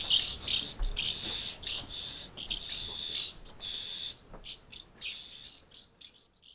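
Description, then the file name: Swallows in a quick series of high, scratchy twitters and chirps, the bursts thinning out and growing fainter toward the end. Swallows recorded at Amblagnieu on 2 July 2017 with an MZ-N710 recorder. "Hirondelles Amblagnieu 2 07 17"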